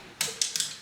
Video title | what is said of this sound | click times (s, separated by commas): “Hidden Primary Noise on an Evo 5‑Speed… Did We Finally Find It?” Is it Gone?? | There we go. Now it's it's locked into place there. | 0.2 s, 0.4 s